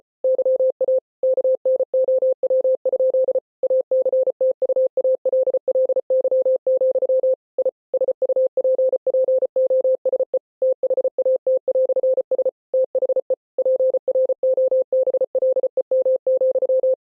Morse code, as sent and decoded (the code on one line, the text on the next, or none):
-.-- .- / -.- -. --- .-- ..--.. / .- -.-. - ..- .- .-.. .-.. -.-- --..-- / .. / ... ..- .--. .--. --- ... . / - .... .- - .-..-. ... / - .... . / .--. .-. --- -... .-.. . -- --..--
YA KNOW? ACTUALLY, I SUPPOSE THAT"S THE PROBLEM,